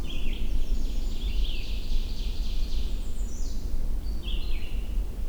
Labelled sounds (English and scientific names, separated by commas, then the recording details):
Red-eyed Vireo (Vireo olivaceus) song
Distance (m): 45 m
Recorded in boreal forest in Alberta, Canada, on 21 June 2016 at 08:39
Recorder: SongMeter 3, array SBT-6-81
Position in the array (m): 92 m, 45 m